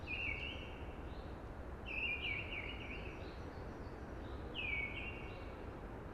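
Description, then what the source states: Eurasian blackbird singing: three mellow fluted phrases, each trailing into a softer twittering end, separated by short pauses, over a constant rushing hiss. Early blackbird singing amongst hushing conifers.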